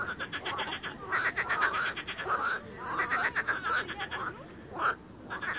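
Frog chorus of pulsed, rattling croaks arriving in uneven bursts, several callers overlapping against constant background hiss.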